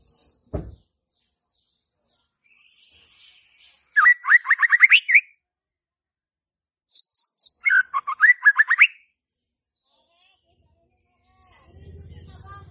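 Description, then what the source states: White-rumped shama song: two rapid phrases of rising whistled notes with a sharp click before, and a low steady hum near the end. Lure to trigger song in a stressed White-rumped shama that has stopped singing.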